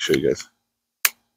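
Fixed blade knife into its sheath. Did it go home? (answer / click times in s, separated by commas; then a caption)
yes / 1.0 s. Someone talks, then a fixed blade knife is pushed into its molded sheath and snaps in with a single sharp click at 1.1 s. The knife is seated and retained with a solid, positive click and no rattle.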